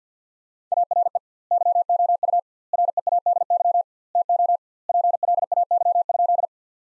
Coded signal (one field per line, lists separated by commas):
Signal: Morse code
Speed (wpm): 50 wpm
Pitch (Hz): 700 Hz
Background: none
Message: ARE YOU READY TO PLAY?